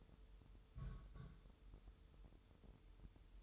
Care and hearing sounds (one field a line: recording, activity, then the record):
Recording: daily activity, microphone in the room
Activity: place on stove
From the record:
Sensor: 3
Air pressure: 988.3 hPa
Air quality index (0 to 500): 190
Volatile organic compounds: 262 ppm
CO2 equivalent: 4391 ppm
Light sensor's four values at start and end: 24/75/31/27 and 24/75/31/27